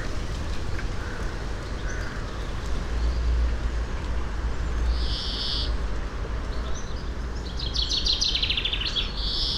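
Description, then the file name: European greenfinch giving one buzzy wheeze, then a quick rattling trill that runs into another wheeze, over steady low rumbling noise. "Chloris chloris"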